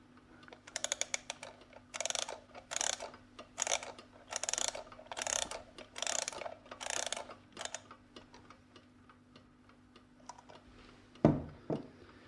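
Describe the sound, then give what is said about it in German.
A mechanical alarm clock being wound and set for 11 p.m.: a quick run of sharp clicks, then a series of rhythmic ratcheting bursts, ending with a single louder clack after a pause. “Ich stelle den Wecker jetzt auf 23 Uhr.”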